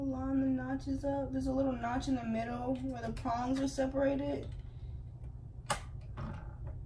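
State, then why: Seated. A RAM module is pressed down into a motherboard DIMM slot while someone talks. After the talking stops, a sharp click comes at 5.7 seconds as the retention clip snaps, followed by a faint tap near 6.7 seconds. The module is seated.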